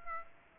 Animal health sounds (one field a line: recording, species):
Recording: mosquito wingbeat signal from an infrared sensor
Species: Aedes aegypti